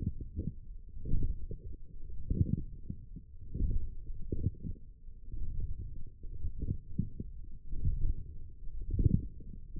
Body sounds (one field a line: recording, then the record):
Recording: forearm muscle sounds (acoustic myography)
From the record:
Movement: forearm pronation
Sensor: system 1, eight BSWA MPA416 microphones around the upper forearm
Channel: 4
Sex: male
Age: 20 years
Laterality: left